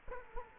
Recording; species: mosquito wingbeat signal from an infrared sensor; Culex quinquefasciatus